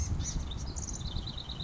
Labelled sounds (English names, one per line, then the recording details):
House Wren
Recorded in Sonoma County, California